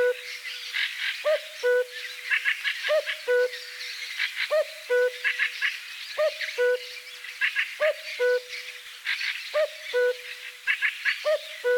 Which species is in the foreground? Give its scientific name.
Cuculus canorus